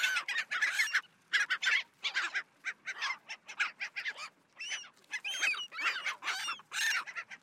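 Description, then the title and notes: Dolphin gull squawking calls, harsh nasal notes in irregular bursts with brief gaps, some rising and falling wavering cries among overlapping birds. Recorded at Ushuaia and Lapataia, Tierra del Fuego, Argentina, as part of a sound tour. "La Gaviota Austral (Leucopaheus Scoresbii)- Ushuaia. Recorrido sonoro por Uahuaia y Lapataia - Tierra del Fuego - Argentina"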